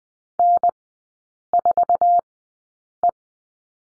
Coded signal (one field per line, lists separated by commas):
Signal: Morse code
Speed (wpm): 20 wpm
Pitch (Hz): 700 Hz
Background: none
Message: N4E